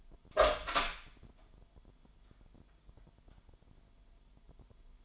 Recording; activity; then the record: daily activity, microphone in the room; open door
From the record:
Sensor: 5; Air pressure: 998.5 hPa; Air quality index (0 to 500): 81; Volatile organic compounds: 1 ppm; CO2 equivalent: 927 ppm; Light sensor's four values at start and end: 33/80/33/36 and 33/81/33/37